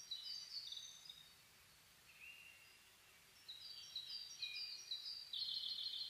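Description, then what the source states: Bird song in quick high chirps and short notes, a burst at the start, a brief lower phrase, then a busy run of sharp notes building toward the end. Dawn chorus (reimei) recorded 10 May 2010.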